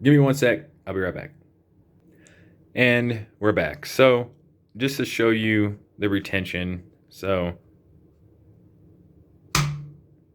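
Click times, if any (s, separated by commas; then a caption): 9.6 s. Someone talks, then pushes a safety-checked, unloaded handgun into a rigid Legacy Firearms kydex holster to show its retention. It seats with one loud, sharp snap at 9.6 seconds, locking into place.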